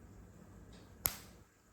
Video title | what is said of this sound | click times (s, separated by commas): Bluetooth headphone Restoration//இனி நாமளே Bluetooth headphone ￼சரி செய்யலாம்// thiramaikuEllaiilai | அவ்வளோுதான் லாக் ஆயிடுச்சு. | 1.1 s